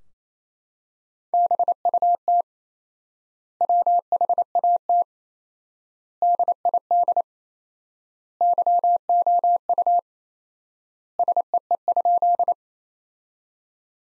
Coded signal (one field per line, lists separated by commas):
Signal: Morse code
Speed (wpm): 28 wpm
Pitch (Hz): 700 Hz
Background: none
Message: BUT WHAT DID YOU SEE?